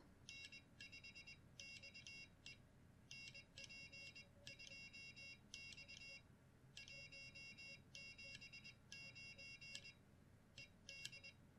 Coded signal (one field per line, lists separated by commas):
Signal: Morse code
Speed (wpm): 20 wpm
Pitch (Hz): 2750 Hz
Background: none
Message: N5XE NP2X 179 ED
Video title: CW Practice Software | Perfect CW!